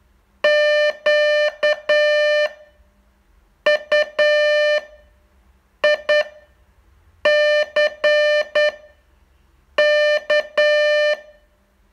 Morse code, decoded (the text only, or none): QUICK